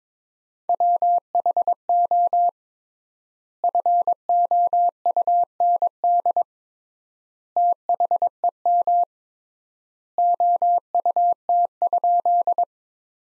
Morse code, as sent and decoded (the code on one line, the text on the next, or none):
.-- .... --- / ..-. --- ..- -. -.. / - .... . -- / --- ..- - ..--..
WHO FOUND THEM OUT?